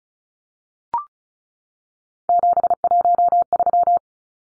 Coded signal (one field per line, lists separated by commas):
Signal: Morse code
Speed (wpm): 34 wpm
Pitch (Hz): 700 Hz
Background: none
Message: 713